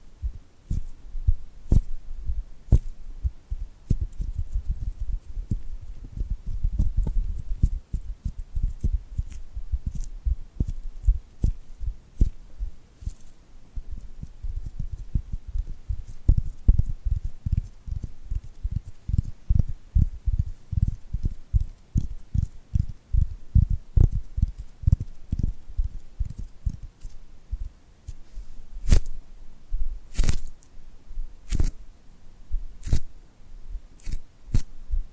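Sticky, glued hands are pulled apart and pressed together in a busy run of short tacky pops and clicks, most of the weight low and thumping. The taps come thick and irregular, densest around the middle, with a few sharper snaps near the end.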